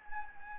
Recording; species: mosquito wingbeat signal from an infrared sensor; Anopheles gambiae